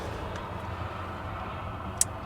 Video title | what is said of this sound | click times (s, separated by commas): Will This 1981 Chevy Run and Drive 500 Miles Home After 20 Years? | There it is. There's a little click. | 2.0 s